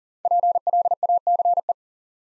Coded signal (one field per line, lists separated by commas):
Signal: Morse code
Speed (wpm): 37 wpm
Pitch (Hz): 700 Hz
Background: none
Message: PLACE